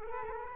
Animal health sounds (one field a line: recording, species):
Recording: mosquito wingbeat signal from an infrared sensor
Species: Culex quinquefasciatus